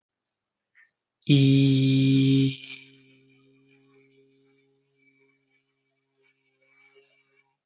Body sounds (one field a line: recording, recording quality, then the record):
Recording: sustained vowel as in beet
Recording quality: excellent, no background noise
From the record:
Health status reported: healthy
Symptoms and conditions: none ticked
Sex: male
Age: 23 years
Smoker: not ticked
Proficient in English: yes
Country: India